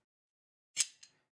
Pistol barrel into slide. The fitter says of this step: see just like that so it'll lock into place just like that